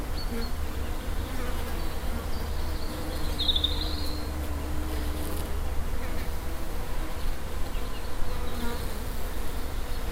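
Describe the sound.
Bees humming in a dense low drone throughout, with one brief high call about a third of the way in.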